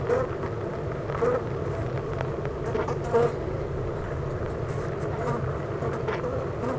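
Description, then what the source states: Honey bees droning steadily in a hive, a constant low hum. Honey bee hive at Clara Vale, Gateshead, UK.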